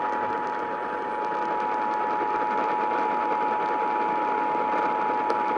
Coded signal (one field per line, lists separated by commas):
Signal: Emergency Alert System (SAME) tones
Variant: 853 and 960 Hz attention tone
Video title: Round 2 (EAS Alerts from 1/10/23) (EAS #725-729)